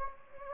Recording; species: mosquito wingbeat signal from an infrared sensor; Anopheles gambiae